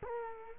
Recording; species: mosquito wingbeat signal from an infrared sensor; Culex quinquefasciatus